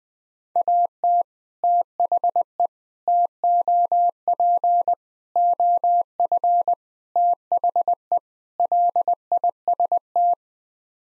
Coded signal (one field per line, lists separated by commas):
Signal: Morse code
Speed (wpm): 20 wpm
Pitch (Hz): 700 Hz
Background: none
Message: AT THE TOP OF THE LIST